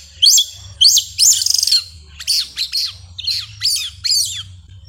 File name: Canto do sabia una